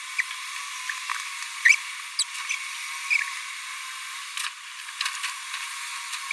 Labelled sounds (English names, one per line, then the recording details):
Green-rumped Parrotlet babbling
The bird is a male
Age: 26 days
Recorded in a nest box in Venezuela
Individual 17B42A3